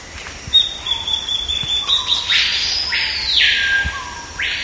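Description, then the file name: Bird calls: a thin, steady high ticking series leads into loud, harsh, arched rasps repeated three times, with faint lower notes below. "SABIOD 50 bird 2015"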